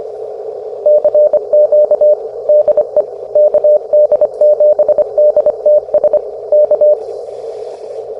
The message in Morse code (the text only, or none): CQ DE KD7DTS K